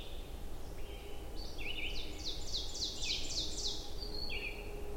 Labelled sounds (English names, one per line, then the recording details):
Ovenbird song
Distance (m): 45 m
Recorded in boreal forest in Alberta, Canada, on 22 June 2016 at 05:37
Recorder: SongMeter 3, array SBT-6-76
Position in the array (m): 150 m, 110 m
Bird 3